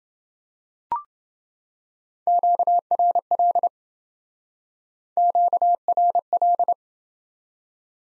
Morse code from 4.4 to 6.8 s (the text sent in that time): QRL